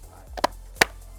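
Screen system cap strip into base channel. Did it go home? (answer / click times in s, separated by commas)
yes / 0.8 s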